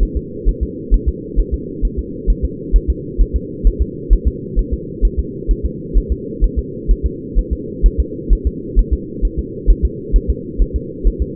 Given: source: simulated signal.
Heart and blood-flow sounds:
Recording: fetal heart sounds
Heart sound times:
0.03 s: S1
0.17 s: S2
0.49 s: S1
0.63 s: S2
0.94 s: S1
1.09 s: S2
1.40 s: S1
1.54 s: S2
1.85 s: S1
1.99 s: S2
2.30 s: S1
2.45 s: S2
2.76 s: S1
2.90 s: S2
3.22 s: S1
3.36 s: S2
3.67 s: S1
3.82 s: S2
4.13 s: S1
4.28 s: S2
4.59 s: S1
4.73 s: S2
5.05 s: S1
5.19 s: S2
5.51 s: S1
5.66 s: S2
5.97 s: S1
6.12 s: S2
6.44 s: S1
6.59 s: S2
6.91 s: S1
7.06 s: S2
7.39 s: S1
7.53 s: S2
7.86 s: S1
8.00 s: S2
8.33 s: S1
8.47 s: S2
8.79 s: S1
8.94 s: S2
9.25 s: S1
9.39 s: S2
9.70 s: S1
9.85 s: S2
10.16 s: S1
10.30 s: S2
10.62 s: S1
10.76 s: S2
11.07 s: S1
11.22 s: S2
From the record:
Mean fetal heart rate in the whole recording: 130 bpm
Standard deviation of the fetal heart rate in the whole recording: 2 bpm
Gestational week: 36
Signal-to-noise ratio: -4.1 dB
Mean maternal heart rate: no maternal heart sound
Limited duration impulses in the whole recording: absent

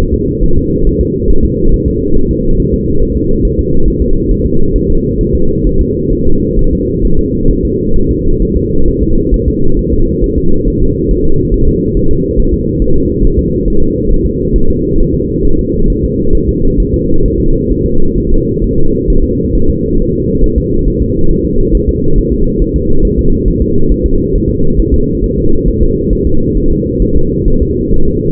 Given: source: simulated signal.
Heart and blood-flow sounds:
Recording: fetal heart sounds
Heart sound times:
0.14 s: S2
0.44 s: S1
0.58 s: S2
0.87 s: S1
1.01 s: S2
1.30 s: S1
1.45 s: S2
1.74 s: S1
1.88 s: S2
2.17 s: S1
2.31 s: S2
2.60 s: S1
2.74 s: S2
3.02 s: S1
3.17 s: S2
3.45 s: S1
3.59 s: S2
3.88 s: S1
4.02 s: S2
4.31 s: S1
4.46 s: S2
4.76 s: S1
4.90 s: S2
5.21 s: S1
5.35 s: S2
5.67 s: S1
5.81 s: S2
6.13 s: S1
6.27 s: S2
6.59 s: S1
6.73 s: S2
7.05 s: S1
7.19 s: S2
7.51 s: S1
7.65 s: S2
7.97 s: S1
8.11 s: S2
8.42 s: S1
8.57 s: S2
8.88 s: S1
9.02 s: S2
9.34 s: S1
9.48 s: S2
9.79 s: S1
9.93 s: S2
10.24 s: S1
10.38 s: S2
10.68 s: S1
10.82 s: S2
11.11 s: S1
11.25 s: S2
11.54 s: S1
11.68 s: S2
11.97 s: S1
12.11 s: S2
12.39 s: S1
12.54 s: S2
12.82 s: S1
12.96 s: S2
13.25 s: S1
13.39 s: S2
13.68 s: S1
13.82 s: S2
14.11 s: S1
14.26 s: S2
14.56 s: S1
14.70 s: S2
15.00 s: S1
15.15 s: S2
15.45 s: S1
15.59 s: S2
15.90 s: S1
16.04 s: S2
16.35 s: S1
16.49 s: S2
16.80 s: S1
16.94 s: S2
17.25 s: S1
17.40 s: S2
17.72 s: S1
17.86 s: S2
18.18 s: S1
18.32 s: S2
18.64 s: S1
18.78 s: S2
19.10 s: S1
19.24 s: S2
19.55 s: S1
19.70 s: S2
20.00 s: S1
20.14 s: S2
20.44 s: S1
20.58 s: S2
20.88 s: S1
21.02 s: S2
21.31 s: S1
21.45 s: S2
21.75 s: S1
21.89 s: S2
22.18 s: S1
22.33 s: S2
22.62 s: S1
22.76 s: S2
23.05 s: S1
23.19 s: S2
23.48 s: S1
23.62 s: S2
23.92 s: S1
24.06 s: S2
24.35 s: S1
24.50 s: S2
24.80 s: S1
24.94 s: S2
25.24 s: S1
25.38 s: S2
25.68 s: S1
25.83 s: S2
26.13 s: S1
26.27 s: S2
26.57 s: S1
26.72 s: S2
27.02 s: S1
27.16 s: S2
27.48 s: S1
27.62 s: S2
27.94 s: S1
28.08 s: S2
From the record:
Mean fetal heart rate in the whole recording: 135 bpm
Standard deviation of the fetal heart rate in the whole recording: 3 bpm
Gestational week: 36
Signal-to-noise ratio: -19.1 dB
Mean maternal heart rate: 72 bpm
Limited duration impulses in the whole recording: present

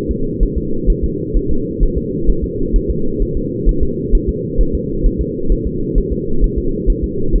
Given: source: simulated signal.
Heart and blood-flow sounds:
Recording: fetal heart sounds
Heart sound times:
0.11 s: S2
0.43 s: S1
0.57 s: S2
0.90 s: S1
1.04 s: S2
1.37 s: S1
1.51 s: S2
1.83 s: S1
1.97 s: S2
2.30 s: S1
2.44 s: S2
2.76 s: S1
2.90 s: S2
3.22 s: S1
3.37 s: S2
3.69 s: S1
3.83 s: S2
4.15 s: S1
4.29 s: S2
4.61 s: S1
4.75 s: S2
5.06 s: S1
5.21 s: S2
5.52 s: S1
5.67 s: S2
5.98 s: S1
6.12 s: S2
6.44 s: S1
6.58 s: S2
6.90 s: S1
7.04 s: S2
7.35 s: S1
From the record:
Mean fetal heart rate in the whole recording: 130 bpm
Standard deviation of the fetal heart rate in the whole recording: 2 bpm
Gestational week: 38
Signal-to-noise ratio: -8.1 dB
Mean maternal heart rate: 72 bpm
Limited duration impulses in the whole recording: absent

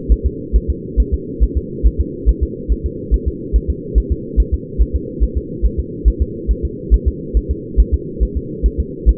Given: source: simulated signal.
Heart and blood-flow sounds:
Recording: fetal heart sounds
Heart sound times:
0.12 s: S1
0.26 s: S2
0.56 s: S1
0.70 s: S2
1.00 s: S1
1.14 s: S2
1.43 s: S1
1.58 s: S2
1.87 s: S1
2.01 s: S2
2.29 s: S1
2.43 s: S2
2.72 s: S1
2.86 s: S2
3.14 s: S1
3.28 s: S2
3.56 s: S1
3.70 s: S2
3.98 s: S1
4.12 s: S2
4.40 s: S1
4.54 s: S2
4.82 s: S1
4.96 s: S2
5.23 s: S1
5.38 s: S2
5.66 s: S1
5.80 s: S2
6.08 s: S1
6.22 s: S2
6.51 s: S1
6.65 s: S2
6.94 s: S1
7.08 s: S2
7.37 s: S1
7.51 s: S2
7.80 s: S1
7.94 s: S2
8.23 s: S1
8.37 s: S2
8.66 s: S1
8.80 s: S2
9.09 s: S1
From the record:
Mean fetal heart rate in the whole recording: 140 bpm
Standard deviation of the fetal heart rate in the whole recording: 2 bpm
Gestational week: 34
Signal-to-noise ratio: -4.1 dB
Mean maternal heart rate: no maternal heart sound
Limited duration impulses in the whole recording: absent

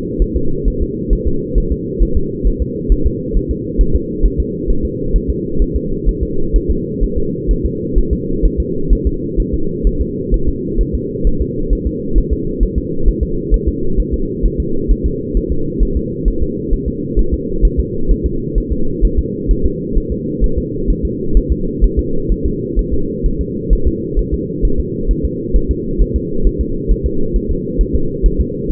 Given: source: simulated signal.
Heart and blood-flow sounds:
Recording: fetal heart sounds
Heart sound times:
0.22 s: S1
0.36 s: S2
0.68 s: S1
0.82 s: S2
1.13 s: S1
1.28 s: S2
1.58 s: S1
1.72 s: S2
2.03 s: S1
2.17 s: S2
2.47 s: S1
2.62 s: S2
2.92 s: S1
3.07 s: S2
3.37 s: S1
3.51 s: S2
3.81 s: S1
3.96 s: S2
4.26 s: S1
4.40 s: S2
4.70 s: S1
4.85 s: S2
5.16 s: S1
5.30 s: S2
5.62 s: S1
5.76 s: S2
6.09 s: S1
6.23 s: S2
6.56 s: S1
6.71 s: S2
7.03 s: S1
7.18 s: S2
7.51 s: S1
7.66 s: S2
7.98 s: S1
8.13 s: S2
8.46 s: S1
8.60 s: S2
8.93 s: S1
9.07 s: S2
9.40 s: S1
9.54 s: S2
9.87 s: S1
10.02 s: S2
10.34 s: S1
10.49 s: S2
10.81 s: S1
10.95 s: S2
11.27 s: S1
11.42 s: S2
11.73 s: S1
11.87 s: S2
12.18 s: S1
12.33 s: S2
12.63 s: S1
12.78 s: S2
13.09 s: S1
13.23 s: S2
13.54 s: S1
13.68 s: S2
14.00 s: S1
14.14 s: S2
14.46 s: S1
14.60 s: S2
14.91 s: S1
15.06 s: S2
15.37 s: S1
15.52 s: S2
15.83 s: S1
15.97 s: S2
16.28 s: S1
16.43 s: S2
16.74 s: S1
16.88 s: S2
17.19 s: S1
17.34 s: S2
17.65 s: S1
17.80 s: S2
18.11 s: S1
18.26 s: S2
18.58 s: S1
18.72 s: S2
19.05 s: S1
19.19 s: S2
19.51 s: S1
19.66 s: S2
19.97 s: S1
20.12 s: S2
20.44 s: S1
20.58 s: S2
20.90 s: S1
21.05 s: S2
21.37 s: S1
21.52 s: S2
21.84 s: S1
21.99 s: S2
22.32 s: S1
22.46 s: S2
22.79 s: S1
22.94 s: S2
23.26 s: S1
23.41 s: S2
23.73 s: S1
23.88 s: S2
24.19 s: S1
24.34 s: S2
24.65 s: S1
24.80 s: S2
25.11 s: S1
25.25 s: S2
25.56 s: S1
25.71 s: S2
26.02 s: S1
26.16 s: S2
26.47 s: S1
26.61 s: S2
26.92 s: S1
27.06 s: S2
27.36 s: S1
27.51 s: S2
27.81 s: S1
27.96 s: S2
28.26 s: S1
28.41 s: S2
28.71 s: S1
From the record:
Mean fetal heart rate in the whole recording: 130 bpm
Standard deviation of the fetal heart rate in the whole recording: 2 bpm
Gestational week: 36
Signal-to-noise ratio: -8.1 dB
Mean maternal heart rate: 72 bpm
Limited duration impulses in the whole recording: absent

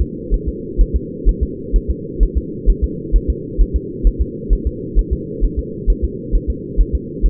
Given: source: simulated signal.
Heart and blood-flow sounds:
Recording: fetal heart sounds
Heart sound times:
0.01 s: S2
0.34 s: S1
0.48 s: S2
0.81 s: S1
0.96 s: S2
1.29 s: S1
1.43 s: S2
1.76 s: S1
1.90 s: S2
2.23 s: S1
2.37 s: S2
2.69 s: S1
2.84 s: S2
3.16 s: S1
3.30 s: S2
3.61 s: S1
3.76 s: S2
4.07 s: S1
4.21 s: S2
4.53 s: S1
4.67 s: S2
4.99 s: S1
5.13 s: S2
5.44 s: S1
5.59 s: S2
5.90 s: S1
6.04 s: S2
6.35 s: S1
6.50 s: S2
6.81 s: S1
6.95 s: S2
7.26 s: S1
From the record:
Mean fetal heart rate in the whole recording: 130 bpm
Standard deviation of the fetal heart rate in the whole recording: 2 bpm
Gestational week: 36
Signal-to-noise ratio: -4.1 dB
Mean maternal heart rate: no maternal heart sound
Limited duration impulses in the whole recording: absent

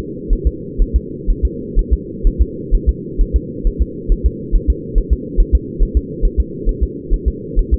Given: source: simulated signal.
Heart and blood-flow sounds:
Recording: fetal heart sounds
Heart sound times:
0.33 s: S1
0.47 s: S2
0.82 s: S1
0.96 s: S2
1.30 s: S1
1.45 s: S2
1.79 s: S1
1.93 s: S2
2.27 s: S1
2.41 s: S2
2.75 s: S1
2.89 s: S2
3.21 s: S1
3.36 s: S2
3.67 s: S1
3.82 s: S2
4.12 s: S1
4.26 s: S2
4.56 s: S1
4.70 s: S2
4.98 s: S1
5.13 s: S2
5.40 s: S1
5.55 s: S2
5.83 s: S1
5.97 s: S2
6.25 s: S1
6.40 s: S2
6.69 s: S1
6.83 s: S2
7.14 s: S1
7.28 s: S2
7.59 s: S1
7.74 s: S2
From the record:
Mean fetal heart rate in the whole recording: 130 bpm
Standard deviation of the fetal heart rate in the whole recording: 4 bpm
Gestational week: 38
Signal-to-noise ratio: -4.1 dB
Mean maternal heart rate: no maternal heart sound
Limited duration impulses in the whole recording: absent

